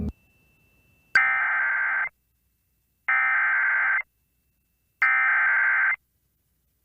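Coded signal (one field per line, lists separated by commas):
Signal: Emergency Alert System (SAME) tones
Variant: header bursts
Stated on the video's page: EAS tones from NOAA Weather Radio, Northeast Ohio and Northern Pennsylvania, November storm.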